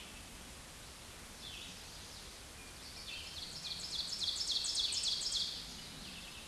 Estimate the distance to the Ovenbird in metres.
about 25 m